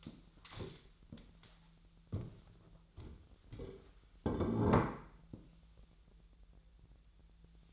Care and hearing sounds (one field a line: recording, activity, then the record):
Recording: daily activity, microphone in the room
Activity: stand up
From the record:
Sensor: 3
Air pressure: 1001.6 hPa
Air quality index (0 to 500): 247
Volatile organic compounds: 141 ppm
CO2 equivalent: 3980 ppm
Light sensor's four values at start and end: 13/29/12/12 and 9/19/8/8